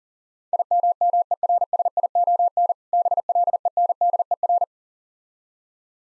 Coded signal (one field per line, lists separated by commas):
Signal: Morse code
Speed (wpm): 39 wpm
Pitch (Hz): 700 Hz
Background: none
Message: IMMERSION BLENDER